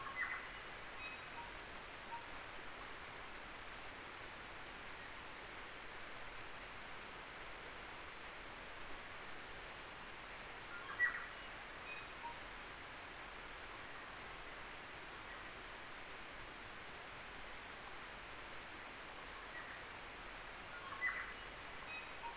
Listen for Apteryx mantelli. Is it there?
no